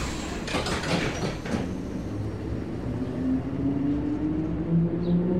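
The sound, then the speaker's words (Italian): The 11:53 regional train departing from platform 24: its doors slide and clunk shut in a few quick knocks, then a low electric hum rises steadily in pitch over a constant rumble as the train pulls away. “Il treno regionale 11:53 è in partenza dal binario 24.”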